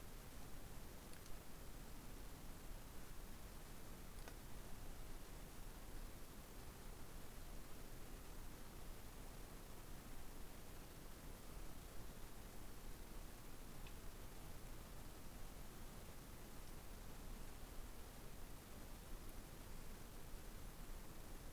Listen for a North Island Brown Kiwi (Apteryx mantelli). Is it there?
no